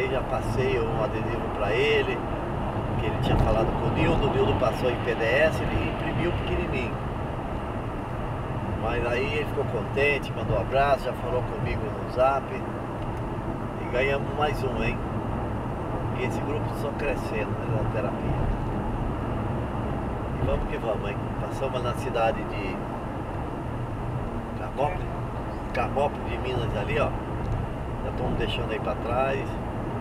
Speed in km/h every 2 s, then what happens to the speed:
112, 112, 110, 109, 106, 103, 99, 100, 102, 102, 101, 100, 101, 104, 103.
0-12 slows to 99. 12-30 steady at about 101.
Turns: none.